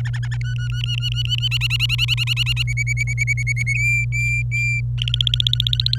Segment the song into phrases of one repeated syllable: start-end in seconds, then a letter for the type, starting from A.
0.00-0.37 A, 0.41-1.48 B, 1.51-2.63 C, 2.67-3.74 D, 3.77-4.81 E, 4.98-5.99 F